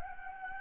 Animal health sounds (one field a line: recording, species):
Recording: mosquito wingbeat signal from an infrared sensor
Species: Anopheles gambiae